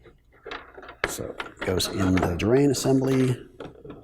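Someone talks while handling the evaporator pad of a GeneralAire GA10 humidifier, guiding it, with its drain spud at the bottom, toward the humidifier's drain assembly. Light handling knocks are heard, and the pad has not snapped into place or seated yet by the end of the clip.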